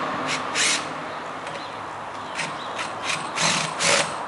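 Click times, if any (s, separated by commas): none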